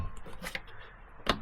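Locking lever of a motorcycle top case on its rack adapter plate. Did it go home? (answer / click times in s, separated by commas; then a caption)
yes / 1.3 s. The locking lever of a Lone Rider MotoCase motorcycle top case is pushed over on its rack adapter plate, pulling the case onto the plate to lock it in place. After a faint knock at 0.6 s, the lever clicks over with a sharp snap at 1.3 s, and the case is seated and locked.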